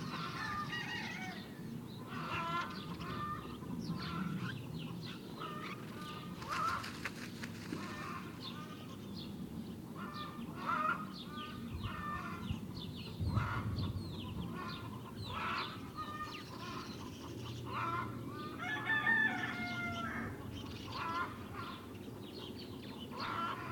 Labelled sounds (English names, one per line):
White Stork song